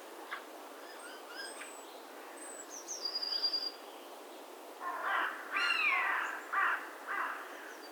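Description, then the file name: Carrion crow giving a few harsh, hoarse caws, preceded by faint, thin high calls. "Corvus corone"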